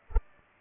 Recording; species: mosquito wingbeat signal from an infrared sensor; Culex pipiens